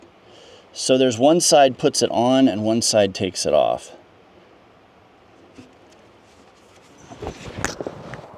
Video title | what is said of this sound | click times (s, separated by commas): HOW TO: Mercedes Sprinter Diesel Fuel Filter Change DIY 2007–2022 , V6 3.0L Diesel - VS30- | And there it is. It's very not dramatic, but it popped right off. | 7.6 s